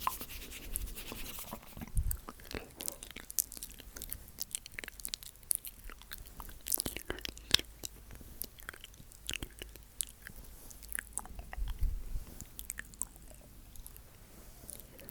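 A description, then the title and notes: Dry mouth sounds fill the recording: quick clicks, smacks and crunchy bites arrive irregularly, several per second, with bright sharp edges. A faint low hum sits underneath, and a few louder bursts stand out around two, seven and twelve seconds. ASMR Mouth Sounds For People Without Headphones.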